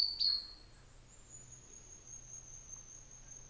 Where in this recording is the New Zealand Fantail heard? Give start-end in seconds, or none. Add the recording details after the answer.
0.52-3.49. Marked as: faintness 2/5. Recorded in New Zealand on 24 December 2018. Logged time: 13:05